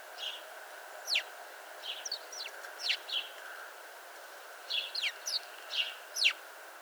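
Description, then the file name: House sparrow chirping, scattered short descending chirps with a pause mid-way, then a busier cluster toward the end, steady background hum. "Passer domesticus"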